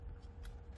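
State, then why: Not seated. During Galaxy S22 bezel and frame reassembly, after checking that no screw is stuck behind it, a plastic/metal internal cover or bracket is handled against the smartphone frame, ready to be pressed in until it snaps. Low, steady rumbling handling noise is heard, with a brief brighter rustle near 0.5 s. Nothing has seated or clicked yet.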